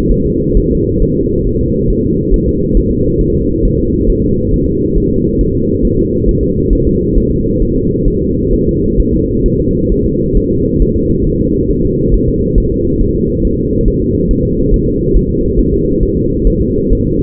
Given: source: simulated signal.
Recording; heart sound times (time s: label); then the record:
fetal heart sounds
0.12 s: S1
0.26 s: S2
0.57 s: S1
0.71 s: S2
1.03 s: S1
1.17 s: S2
1.47 s: S1
1.61 s: S2
1.90 s: S1
2.05 s: S2
2.34 s: S1
2.48 s: S2
2.77 s: S1
2.91 s: S2
3.21 s: S1
3.35 s: S2
3.65 s: S1
3.79 s: S2
4.10 s: S1
4.24 s: S2
4.54 s: S1
4.68 s: S2
4.97 s: S1
5.12 s: S2
5.41 s: S1
5.55 s: S2
5.85 s: S1
5.99 s: S2
6.29 s: S1
6.43 s: S2
6.73 s: S1
6.87 s: S2
7.17 s: S1
7.31 s: S2
7.62 s: S1
7.77 s: S2
8.08 s: S1
8.22 s: S2
8.53 s: S1
8.68 s: S2
9.00 s: S1
9.14 s: S2
9.46 s: S1
9.60 s: S2
9.92 s: S1
10.06 s: S2
10.37 s: S1
10.51 s: S2
10.82 s: S1
10.96 s: S2
11.27 s: S1
11.41 s: S2
11.71 s: S1
11.85 s: S2
12.14 s: S1
12.28 s: S2
12.58 s: S1
12.72 s: S2
13.01 s: S1
13.16 s: S2
13.45 s: S1
13.59 s: S2
13.88 s: S1
14.02 s: S2
14.31 s: S1
14.45 s: S2
14.74 s: S1
14.88 s: S2
15.16 s: S1
15.31 s: S2
15.59 s: S1
15.74 s: S2
16.03 s: S1
16.17 s: S2
16.47 s: S1
16.62 s: S2
16.93 s: S1
17.07 s: S2
From the record:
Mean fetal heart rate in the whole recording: 135 bpm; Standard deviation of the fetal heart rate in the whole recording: 3 bpm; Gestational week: 36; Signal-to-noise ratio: -10.2 dB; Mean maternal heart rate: 72 bpm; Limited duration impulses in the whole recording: present